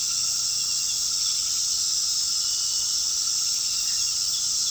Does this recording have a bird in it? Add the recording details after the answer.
no. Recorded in pastures near Puerto Asís, Putumayo, Colombia, on 18 February 2024 at 20:00. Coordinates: 0.468, -76.328. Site G6414